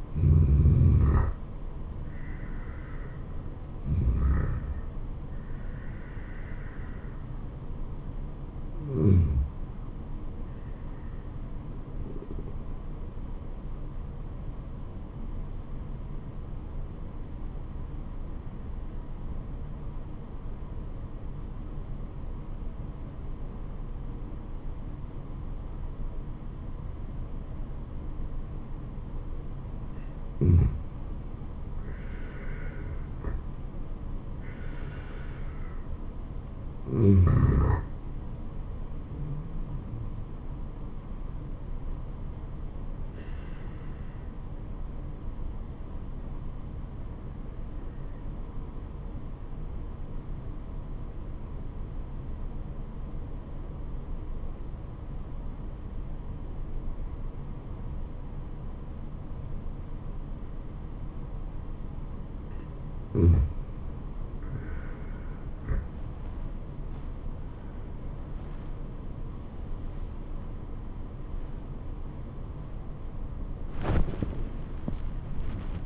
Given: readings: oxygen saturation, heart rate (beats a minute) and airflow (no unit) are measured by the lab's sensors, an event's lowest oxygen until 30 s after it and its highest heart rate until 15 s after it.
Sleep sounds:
breathing in sleep by a smartphone at the bedside; 2
13.00-31.60 s: obstructive apnea (N2, oxygen 96% highest, then 85% lowest, heart rate 73 at the start, 80 highest)
44.00-64.70 s: obstructive apnea (N2, oxygen 95% highest, then 86% lowest, heart rate 67 at the start, 83 highest)
From the record:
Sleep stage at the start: N2 (light sleep); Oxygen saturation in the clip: 85 to 96%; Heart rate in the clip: 67 to 83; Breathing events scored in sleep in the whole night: 426 in 7.4 hours asleep

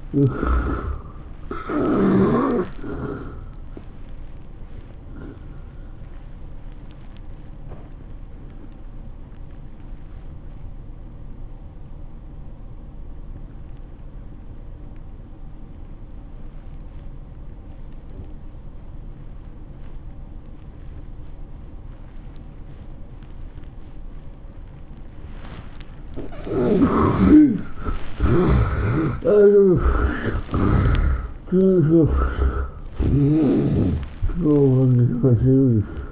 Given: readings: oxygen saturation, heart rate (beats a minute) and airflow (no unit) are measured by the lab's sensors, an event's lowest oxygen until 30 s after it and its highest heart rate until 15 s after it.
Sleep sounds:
breathing in sleep by a smartphone at the bedside; 1
8.00-31.40 s: obstructive apnea (N1, oxygen 95% highest, then 73% lowest, heart rate 106 at the start, 112 highest)
From the record:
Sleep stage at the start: N1 (lightest sleep); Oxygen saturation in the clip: 72 to 95%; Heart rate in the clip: 94 to 112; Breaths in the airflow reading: 3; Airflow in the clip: -11.7 to 11.1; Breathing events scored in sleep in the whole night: 403 in 5.5 hours asleep

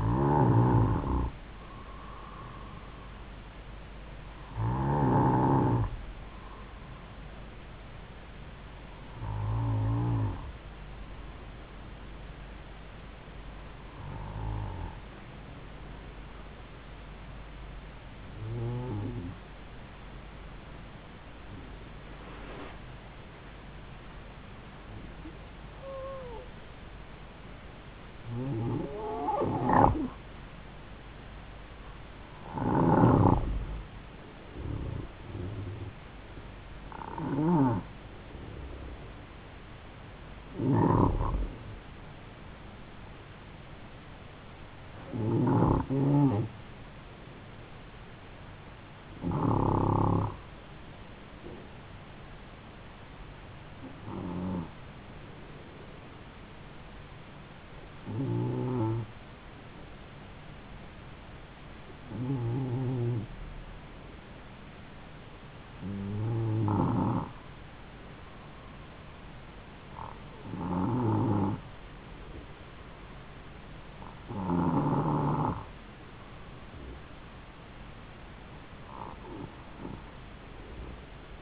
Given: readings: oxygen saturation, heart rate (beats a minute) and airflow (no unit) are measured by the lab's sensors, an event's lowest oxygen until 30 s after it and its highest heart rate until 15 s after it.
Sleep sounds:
breathing in sleep by a voice recorder at the bedside; 1
10.00-30.30 s: hypopnea (N2, oxygen 94% highest, then 91% lowest, heart rate 72 at the start, 77 highest)
From the record:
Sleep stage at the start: N2 (light sleep); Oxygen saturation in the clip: 91 to 94%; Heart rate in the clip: 70 to 77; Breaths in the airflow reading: 20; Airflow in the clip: -5.3 to 6.4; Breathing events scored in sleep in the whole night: 270 in 6.1 hours asleep

